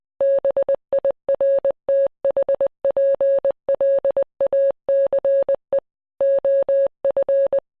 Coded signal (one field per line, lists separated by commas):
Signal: Morse code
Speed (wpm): 20 wpm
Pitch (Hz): 550 Hz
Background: none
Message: BIRTHPLACE OF